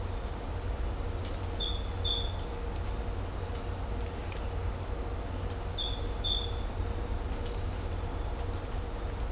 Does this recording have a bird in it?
no